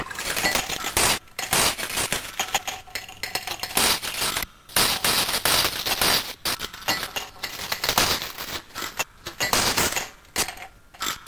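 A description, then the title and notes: Ice rattles and clinks against glass in quick, dense bursts, with bright, sharp chinks crowding together and brief silent gaps around 1, 4.5, 6.5 and 9 seconds. The sound is busy. Another January evening, another recording of ice rattling in glasses. I chopped small sections out of the recording of the ice cubes [& bevarage] and set them to rattle away in a more or less randomised pattern at 108bpm. I processed it further in audiomulch - making a couple grittier/degraded versions.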